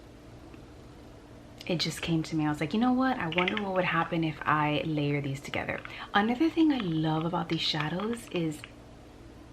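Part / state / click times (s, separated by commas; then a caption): eyeshadow compact lid closing onto its base / not seated / none. A small plastic eyeshadow compact lid is being handled before it is closed onto its base, while someone talks throughout. The click comes from the lid's sealing mechanism, which keeps the drier matte shadows from drying out. Nothing has seated or clicked yet, and the lid is not yet shut when the clip ends.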